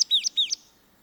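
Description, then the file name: Marsh tit call: a sharp high chip, then two downward-sweeping whistles each followed by another chip, given in a rapid burst. "Poecile palustris"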